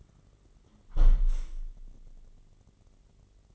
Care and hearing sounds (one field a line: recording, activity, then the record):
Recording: daily activity, microphone in the room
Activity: close window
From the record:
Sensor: 4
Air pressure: 999.4 hPa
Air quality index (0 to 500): 110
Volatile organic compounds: 2 ppm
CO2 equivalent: 1088 ppm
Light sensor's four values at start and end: 13/32/13/15 and 13/32/13/15